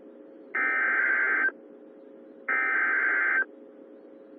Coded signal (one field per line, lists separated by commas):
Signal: Emergency Alert System (SAME) tones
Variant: header bursts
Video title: Des Monies Iowa Tornado Warning Updates EAS #12 #13 #14 12 15 21